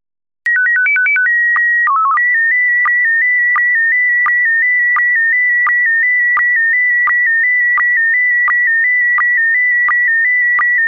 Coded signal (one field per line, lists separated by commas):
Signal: SSTV (slow-scan television)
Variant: PD 90